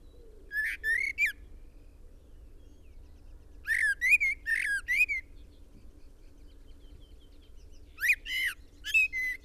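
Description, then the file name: Common blackbird singing three phrases of fluted whistles with high squeaky notes, quiet gaps between, a soft hum underneath. "Turdus merula"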